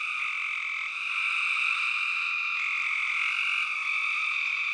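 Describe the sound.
Spring peepers in a loud, unbroken chorus of high, overlapping peeps forming a constant ringing wall of sound.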